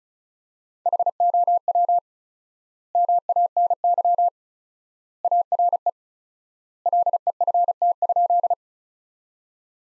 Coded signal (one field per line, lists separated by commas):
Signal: Morse code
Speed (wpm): 36 wpm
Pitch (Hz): 700 Hz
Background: none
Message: HOW MANY ARE LEFT?